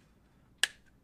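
A Samsung T5 or T7 portable SSD is pressed into a 3D-printed camera dock so its USB-C port seats onto the cable's plug. A single sharp, bright click sounds at 0.6 s, with a short ringing tail and a faint tick just after, against a quiet background. The drive is seated into the cable.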